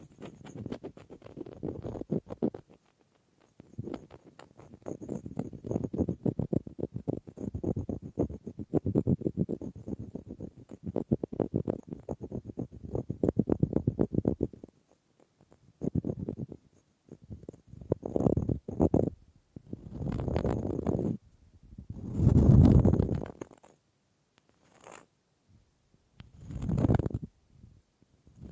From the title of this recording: Wood Triggers